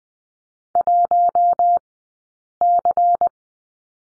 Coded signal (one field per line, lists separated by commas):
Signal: Morse code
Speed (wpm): 20 wpm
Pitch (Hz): 700 Hz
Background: none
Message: 1C